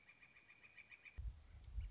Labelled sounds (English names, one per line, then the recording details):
Northern Flicker
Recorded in Sonoma County, California